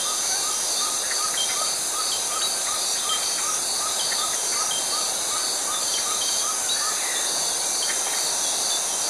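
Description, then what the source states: Cicada drone, loud and unbroken, while another caller repeats a soft note steadily. Tropical forest setting.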